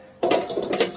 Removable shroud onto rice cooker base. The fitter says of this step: and it locks in place when you want to clean it you give it twist counterclockwise